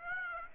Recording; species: mosquito wingbeat signal from an infrared sensor; Aedes aegypti